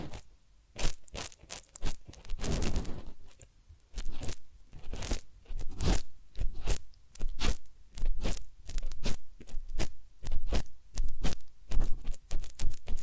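Massage and ear cleaning sounds: a dense run of crisp, brushing and crunchy strokes, each a short bright burst with a scratchy edge. They come at an uneven, brisk pace throughout, with a longer rustling swell around the third second and brief quiet gaps between clusters.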